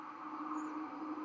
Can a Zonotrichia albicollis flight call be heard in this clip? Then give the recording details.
no. No flight call is heard. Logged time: 11:23 on 31 October 2014